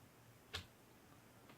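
A laptop RAM memory module, inserted at an angle into the laptop memory slot so that it first sits up, is flipped down until the side clips catch. A single short, sharp tick is heard at 0.6 s against quiet background hiss, and the module is seated in the slot.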